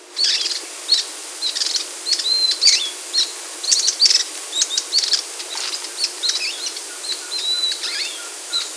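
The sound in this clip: Bird calls: many short, high chirps and sharp tweets in quick irregular succession over a steady background hiss.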